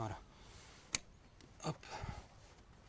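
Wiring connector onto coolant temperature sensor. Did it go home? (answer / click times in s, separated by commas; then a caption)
yes / 0.9 s. A plastic electrical plug is pushed onto the newly fitted coolant temperature sensor of a 308 1.6 HDi 110 hp engine and locks with one loud, sharp click at 0.9 s. Someone talks before and after. The connector is seated.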